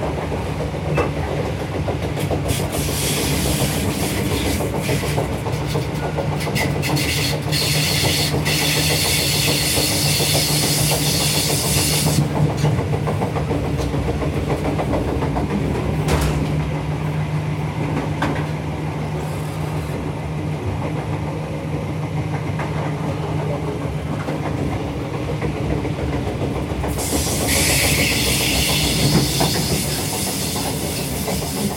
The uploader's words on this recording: Train (inside) - Benn DeMole.